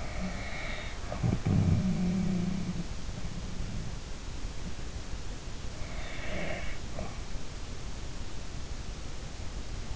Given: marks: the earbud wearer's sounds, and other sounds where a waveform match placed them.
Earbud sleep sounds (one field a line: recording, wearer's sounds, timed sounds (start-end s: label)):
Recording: sounds in sleep by an in-ear microphone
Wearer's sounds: snoring breath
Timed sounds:
0.00-2.99 s: snoring breath
5.65-7.34 s: snoring breath